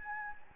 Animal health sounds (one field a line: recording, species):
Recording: mosquito wingbeat signal from an infrared sensor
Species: Anopheles gambiae